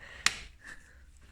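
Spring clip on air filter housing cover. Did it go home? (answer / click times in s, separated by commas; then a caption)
yes / 0.3 s. The tab of a spring clip on the plastic air filter housing cover of a 1-litre Vauxhall Opel Agila is lifted one-handed until the clip clicks closed. One loud, sharp click is heard at 0.3 s, followed by a quiet tail, and the clip is seated.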